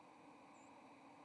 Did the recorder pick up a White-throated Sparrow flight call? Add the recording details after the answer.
yes. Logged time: 09:39 on 30 October 2014